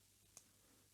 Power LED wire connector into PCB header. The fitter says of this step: till you hear a click